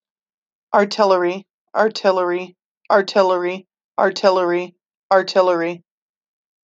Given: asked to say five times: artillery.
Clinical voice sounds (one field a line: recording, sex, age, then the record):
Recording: repeated word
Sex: female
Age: 30 to 39 years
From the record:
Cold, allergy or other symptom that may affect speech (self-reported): no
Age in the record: 38 years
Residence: Nebraska, United States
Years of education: 14